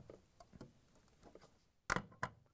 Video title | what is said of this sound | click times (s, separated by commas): How To: Samsung Power Control Board DA41-00614F | then we can push the bottom in and lock it in yeah | 2.2 s